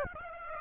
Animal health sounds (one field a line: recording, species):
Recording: mosquito wingbeat signal from an infrared sensor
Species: Aedes aegypti